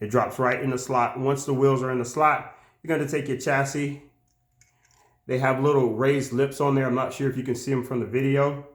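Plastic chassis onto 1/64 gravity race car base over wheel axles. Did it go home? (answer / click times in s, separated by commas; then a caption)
no / none. Someone talks while handling a 3D-printed plastic chassis for a ProTrack 1/64 gravity race car, whose base has raised lips that hold the wheel axles in their slots. During a pause in the talk, faint tick-like hits are heard around 4.3 to 4.9 seconds. The chassis has not yet snapped onto the wheel base; nothing has seated or clicked yet.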